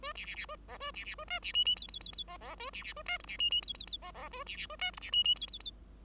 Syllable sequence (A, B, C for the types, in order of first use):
A B B B A C A B B A D B E E F F F F C C A B B A D G B E E F F F C C A B B A D G B E E F F F